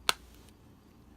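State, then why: Seated. A plastic display stand peg is pushed into the port on the underside of a die-cast Hot Wheels Star Wars Poe's Ski Speeder toy ship. A single sharp, bright click sounds at 0.1 s, followed by a much fainter tick near 0.5 s and then quiet. The peg is seated in the port.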